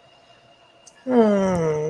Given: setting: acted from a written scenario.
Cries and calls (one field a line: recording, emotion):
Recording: vocal sound without words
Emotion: romantic love